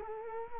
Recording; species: mosquito wingbeat signal from an infrared sensor; Culex quinquefasciatus